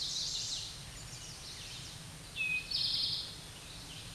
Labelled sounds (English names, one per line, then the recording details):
Eastern Towhee song
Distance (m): 15 m
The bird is about level with the microphone
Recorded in a Pennsylvania forest on 16 May 2024 at 07:13
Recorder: AudioMoth, point MSD-2058
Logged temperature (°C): 11.8 °C
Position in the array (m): 77 m, 29 m